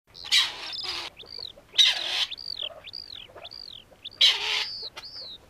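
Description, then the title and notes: Grey partridge calls: a few harsh, grating bursts, and between them several short arched whistled notes. "Peltopyy. Viikon luontoäänen esitteli Juha Laaksonen"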